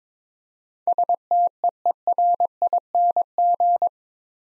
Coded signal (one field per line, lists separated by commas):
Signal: Morse code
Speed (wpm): 22 wpm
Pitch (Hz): 700 Hz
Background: none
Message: STEERING